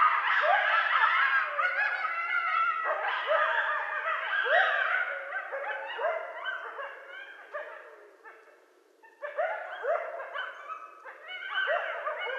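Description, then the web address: Coyote group chorus of rapid yips and quavering howls, fading briefly near the end before rising again in a fresh burst. Several coyotes; recorded 12 November 2012. "Coyote 2012 11 12 Coyotes"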